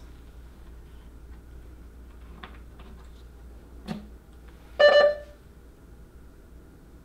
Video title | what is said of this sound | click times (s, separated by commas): Ultrafiltration Training 2020 (French Subtitles) | insert data key until it clicks | 2.4 s